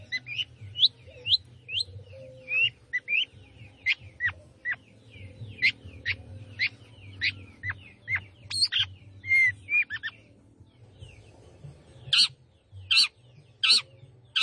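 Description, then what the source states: Long-tailed shrike singing varied whistled notes, many sliding up or down, with a clear falling whistle midway, ending in several harsh, scratchy notes. Singing lively (gacor).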